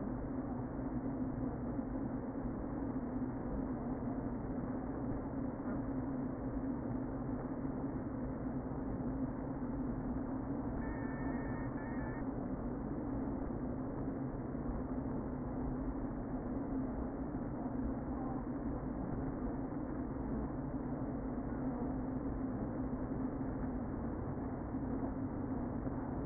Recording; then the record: honeybee colony, microphone inside the hive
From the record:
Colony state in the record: queen present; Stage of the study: before two queens were removed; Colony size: about 60,000 bees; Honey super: yes